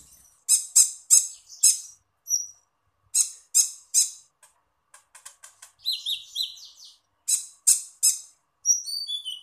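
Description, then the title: Small bird calling in a rapid series of harsh high notes, then a busy twittering passage and descending thin whistled chirps. "Burung Kecil"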